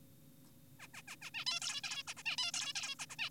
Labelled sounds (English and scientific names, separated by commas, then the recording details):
Zebra Finch (Taeniopygia guttata)
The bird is an adult
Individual g4p5U